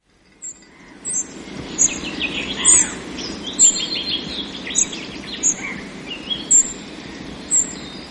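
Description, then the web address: Spotted flycatcher giving thin, very high, short calls repeated about once a second. "earth naturelibrary assets s sp spotted flycatcher"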